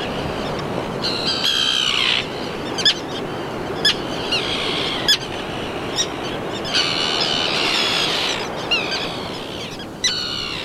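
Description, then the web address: Common tern giving long, harsh, rasping calls, some slurring downward, with short sharp chips between them over a steady rushing background noise. "garajau-comum Vocalizacoes"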